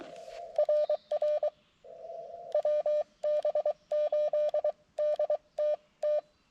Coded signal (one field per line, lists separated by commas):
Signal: Morse code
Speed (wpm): 22 wpm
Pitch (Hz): 590 Hz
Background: none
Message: RR WB8DTT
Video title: CW POTA with the mcHF courtesy of Dugbo KD7DUG